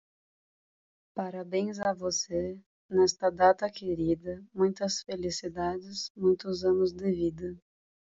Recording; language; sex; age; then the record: short text; Brazilian Portuguese; female; 20 to 29 years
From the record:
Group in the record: control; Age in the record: 24 years